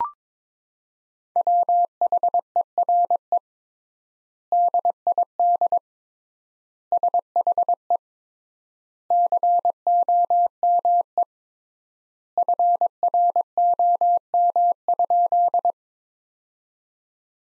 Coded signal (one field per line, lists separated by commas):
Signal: Morse code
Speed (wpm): 22 wpm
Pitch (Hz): 700 Hz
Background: none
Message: WHERE DID SHE COME FROM?